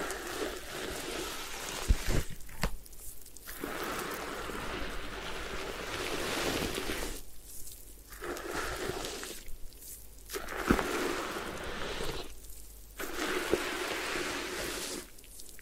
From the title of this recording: Head Spa Hair Wash, Massage, Ear Cleaning